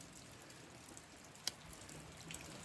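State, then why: Seated. A vintage carbon-steel slip-joint pocket knife, a K Sodbuster from around the 1960s, has its blade worked open or closed against the backspring. Against a quiet background, a sharp, bright snap at 1.5 s marks the blade seating into position, with a few fainter ticks around it.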